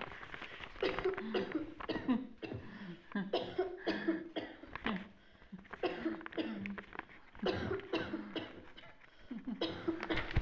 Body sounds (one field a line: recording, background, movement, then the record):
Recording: laughter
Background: a bystander coughing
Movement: sitting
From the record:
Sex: female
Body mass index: 25.5 kg/m2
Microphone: on the chest, facing the body